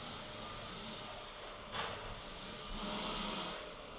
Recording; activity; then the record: daily activity, microphone in the room; vacuum cleaning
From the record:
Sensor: 4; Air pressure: 1002.9 hPa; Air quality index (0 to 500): 242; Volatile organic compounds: 18 ppm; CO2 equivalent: 2631 ppm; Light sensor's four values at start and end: 5/12/4/5 and 5/12/4/5